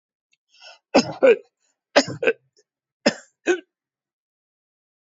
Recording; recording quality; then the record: heavy voluntary cough; excellent, no background noise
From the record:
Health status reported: healthy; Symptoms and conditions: none ticked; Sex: male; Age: 72 years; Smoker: not ticked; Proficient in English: yes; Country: India